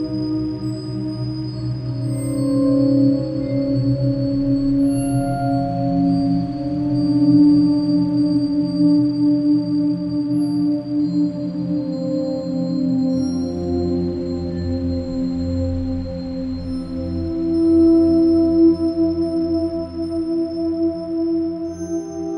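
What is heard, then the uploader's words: Soothing meditation tones hum steadily, like singing bowls, with low overlapping drones and a bright ringing tone that swells around seven and eighteen seconds. Soothing tones and vibrations of this meditation sound.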